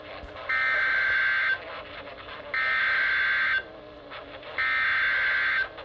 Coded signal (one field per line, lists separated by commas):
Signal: Emergency Alert System (SAME) tones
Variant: header bursts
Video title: CRAZANITY III: TORNADO OUTBREAK... EAS Alerts from 7/29/21 (EAS #556-577)